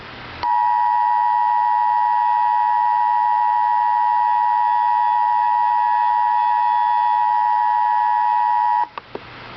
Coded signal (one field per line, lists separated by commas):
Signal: Emergency Alert System (SAME) tones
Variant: 853 and 960 Hz attention tone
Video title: Real EAS Alert #41 - Severe Thunderstorm Warning